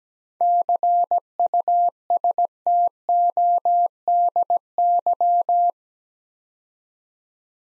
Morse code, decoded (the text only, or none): CUSTODY